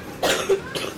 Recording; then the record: coughing mixed with background sound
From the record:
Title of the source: 34 coughing up crap again